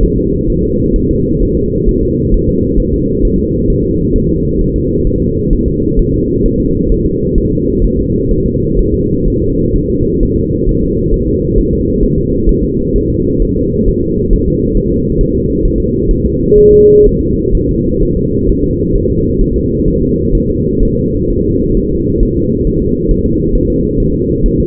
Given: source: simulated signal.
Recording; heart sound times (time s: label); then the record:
fetal heart sounds
0.03 s: S1
0.18 s: S2
0.50 s: S1
0.64 s: S2
0.96 s: S1
1.11 s: S2
1.43 s: S1
1.57 s: S2
1.89 s: S1
2.03 s: S2
2.34 s: S1
2.49 s: S2
2.80 s: S1
2.94 s: S2
3.25 s: S1
3.40 s: S2
3.70 s: S1
3.85 s: S2
4.16 s: S1
4.30 s: S2
4.61 s: S1
4.76 s: S2
5.07 s: S1
5.22 s: S2
5.53 s: S1
5.68 s: S2
5.99 s: S1
6.14 s: S2
6.46 s: S1
6.60 s: S2
6.92 s: S1
7.06 s: S2
7.38 s: S1
7.52 s: S2
7.84 s: S1
7.99 s: S2
8.31 s: S1
8.46 s: S2
8.79 s: S1
8.94 s: S2
9.28 s: S1
9.42 s: S2
9.76 s: S1
9.90 s: S2
10.23 s: S1
10.38 s: S2
10.69 s: S1
10.84 s: S2
11.14 s: S1
11.28 s: S2
11.58 s: S1
11.73 s: S2
12.03 s: S1
12.18 s: S2
12.49 s: S1
12.64 s: S2
12.96 s: S1
13.10 s: S2
13.42 s: S1
13.57 s: S2
13.88 s: S1
14.03 s: S2
14.33 s: S1
14.48 s: S2
14.77 s: S1
14.92 s: S2
15.21 s: S1
15.36 s: S2
15.65 s: S1
15.80 s: S2
16.11 s: S1
16.26 s: S2
16.58 s: S1
16.73 s: S2
17.06 s: S1
17.21 s: S2
17.55 s: S1
17.69 s: S2
18.02 s: S1
18.17 s: S2
18.49 s: S1
18.64 s: S2
18.95 s: S1
19.10 s: S2
19.41 s: S1
19.56 s: S2
19.88 s: S1
20.02 s: S2
20.35 s: S1
20.50 s: S2
20.83 s: S1
20.97 s: S2
21.30 s: S1
21.45 s: S2
21.77 s: S1
21.92 s: S2
22.23 s: S1
22.37 s: S2
22.67 s: S1
22.82 s: S2
23.11 s: S1
23.26 s: S2
23.55 s: S1
23.70 s: S2
24.00 s: S1
24.15 s: S2
24.46 s: S1
24.60 s: S2
From the record:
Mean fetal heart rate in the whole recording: 130 bpm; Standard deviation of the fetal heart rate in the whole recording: 4 bpm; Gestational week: 38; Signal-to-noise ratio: -10.2 dB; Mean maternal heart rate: 72 bpm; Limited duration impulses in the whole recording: present